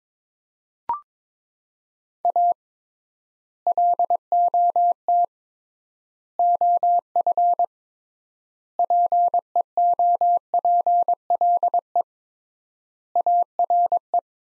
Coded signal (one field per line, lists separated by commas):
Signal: Morse code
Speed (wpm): 21 wpm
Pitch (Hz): 700 Hz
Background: none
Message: A LOT OF PEOPLE ARE